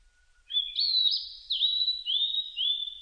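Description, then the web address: Blue-and-white flycatcher song, a lively run of slurred whistles that swoop and rise repeatedly, preceded by a faint steady low tone. Recorded 25 June 2006. "2006 060625 ooruri"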